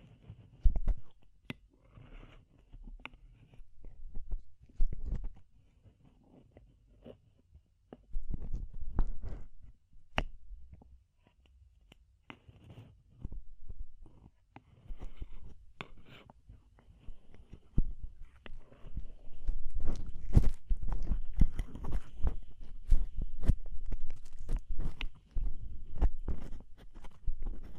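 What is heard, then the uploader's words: Deep ear cleaning with irregular crackling, scraping and thumping bursts, sparse early, then denser and louder after about twenty seconds. DEEP Ear Penetrating Cleaning.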